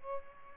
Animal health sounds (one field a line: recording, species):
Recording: mosquito wingbeat signal from an infrared sensor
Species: Aedes albopictus